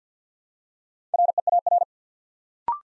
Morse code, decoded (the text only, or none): REAR